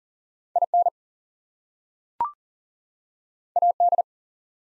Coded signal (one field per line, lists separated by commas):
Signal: Morse code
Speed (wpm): 38 wpm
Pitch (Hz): 700 Hz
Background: none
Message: IN AD